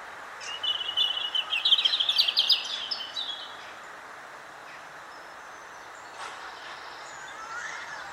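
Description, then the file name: European robin delivering one rapid, high, jingling phrase of crowded notes, then quiet hiss with faint chirps. "Erithacus rubecula"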